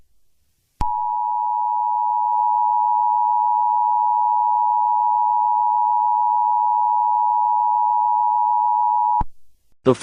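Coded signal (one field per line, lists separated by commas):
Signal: Emergency Alert System (SAME) tones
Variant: 853 and 960 Hz attention tone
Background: speech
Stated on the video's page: Fictional EAS scenario, not a real alert.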